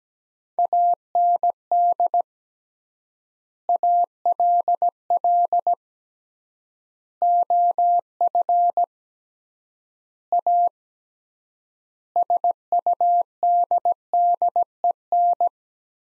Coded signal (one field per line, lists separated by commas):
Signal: Morse code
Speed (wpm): 17 wpm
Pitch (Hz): 700 Hz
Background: none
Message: AND ALL OF A SUDDEN